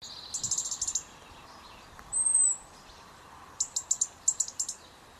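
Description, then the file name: European robin calls: rapid bursts of sharp high ticking notes, then a single thin high drawn-out whistle, then more ticking series; quiet background. "Erithacus rubecula"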